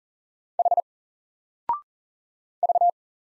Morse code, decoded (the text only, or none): H V